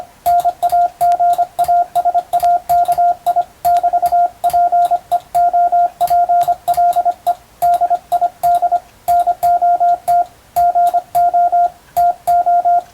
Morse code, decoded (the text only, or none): NAGASAKI <BT>PEOPLE DID NOT GO TO